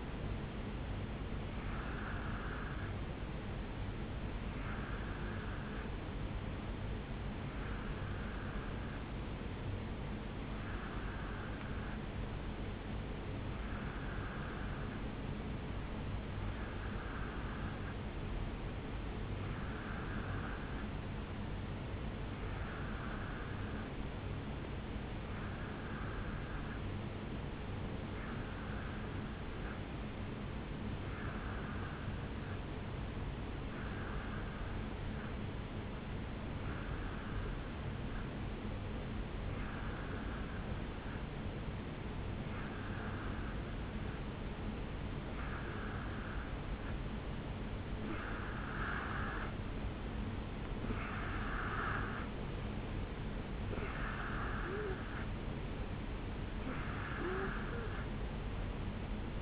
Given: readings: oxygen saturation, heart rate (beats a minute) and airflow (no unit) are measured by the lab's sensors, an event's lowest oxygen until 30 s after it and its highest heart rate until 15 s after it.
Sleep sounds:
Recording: breathing in sleep by a voice recorder at the bedside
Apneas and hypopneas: 1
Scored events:
8.00-50.40 s: hypopnea (N2, oxygen 93% highest, then 88% lowest, heart rate 63 at the start, 72 highest)
49.00-59.41 s: new sleep stage, N3 (deep sleep)
From the record:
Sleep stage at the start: N2 (light sleep)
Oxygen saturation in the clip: 88 to 93%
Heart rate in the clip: 62 to 72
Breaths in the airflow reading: 20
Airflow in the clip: -4.7 to 2.8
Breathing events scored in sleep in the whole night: 449 in 7.0 hours asleep

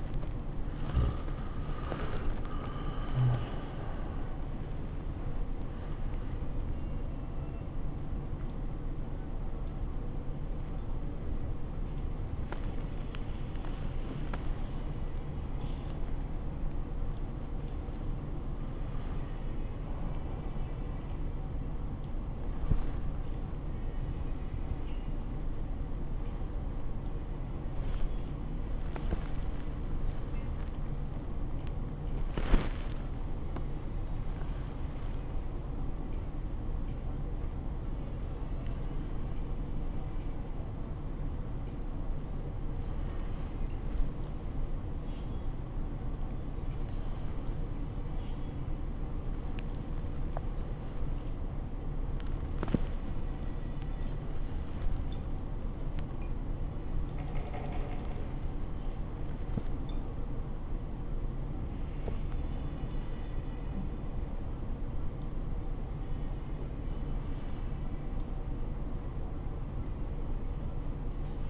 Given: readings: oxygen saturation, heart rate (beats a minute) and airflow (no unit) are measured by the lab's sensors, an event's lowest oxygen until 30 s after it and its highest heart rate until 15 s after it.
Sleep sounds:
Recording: a person awake in a sleep study, by a smartphone at the bedside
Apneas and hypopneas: none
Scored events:
0.00-71.50 s: awake
From the record:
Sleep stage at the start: awake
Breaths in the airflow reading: 27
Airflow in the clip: -0.8 to 0.7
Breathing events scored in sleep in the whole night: 403 in 5.5 hours asleep

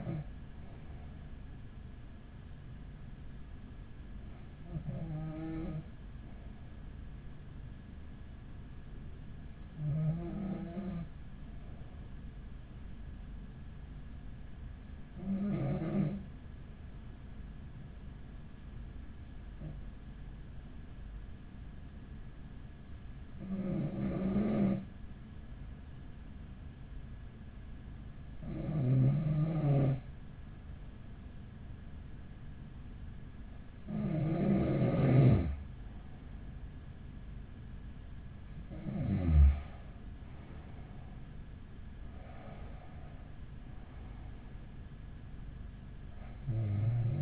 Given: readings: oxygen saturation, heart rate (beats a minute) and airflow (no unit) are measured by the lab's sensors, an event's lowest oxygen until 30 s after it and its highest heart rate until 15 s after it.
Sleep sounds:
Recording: breathing in sleep by a smartphone at the bedside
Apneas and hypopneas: none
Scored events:
4.00-47.22 s: new sleep stage, N2 (light sleep)
From the record:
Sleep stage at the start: N1 (lightest sleep)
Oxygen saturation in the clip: 93 to 95%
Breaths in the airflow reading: 10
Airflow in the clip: -7.7 to 10.7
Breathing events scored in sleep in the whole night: 207 in 7.6 hours asleep

